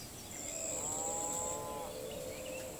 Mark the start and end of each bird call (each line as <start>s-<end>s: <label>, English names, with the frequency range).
0.00s-0.63s: Scrub Greenlet (5.2-6.4 kHz)
0.47s-0.80s: Pale-eyed Pygmy Tyrant (1.7-5.3 kHz)